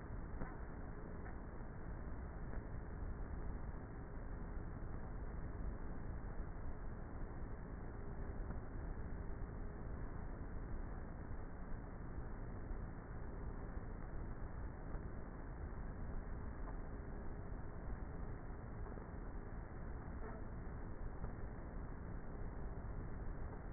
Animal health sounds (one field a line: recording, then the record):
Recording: honeybee colony, microphone inside the hive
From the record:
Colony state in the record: queenless with a low population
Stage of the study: before two queens were removed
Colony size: about 30,000 bees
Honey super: no